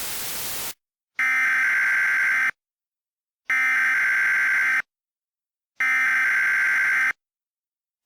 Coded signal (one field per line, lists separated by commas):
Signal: Emergency Alert System (SAME) tones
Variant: header bursts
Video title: EAS Mock 30: Descent